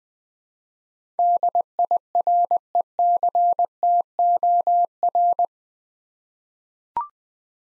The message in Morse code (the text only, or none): DIRECTOR